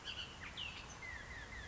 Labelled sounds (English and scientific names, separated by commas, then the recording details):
Bullock's Oriole (Icterus bullockii)
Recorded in Sonoma County, California